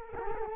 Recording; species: mosquito wingbeat signal from an infrared sensor; Culex quinquefasciatus